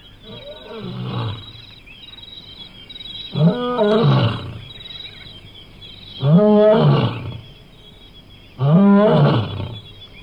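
Lion uttering four deep grunting roars spaced roughly two to three seconds apart, the first fainter, each rich in harmonics, with a faint steady high tone in the background.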